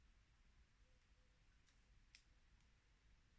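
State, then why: Not seated. Someone tries to close a small hair clip by hand, but it closes badly and fails to snap shut. Only a few faint ticks sound over a quiet background, with the sharpest at 2.2 s. Nothing has clicked shut yet.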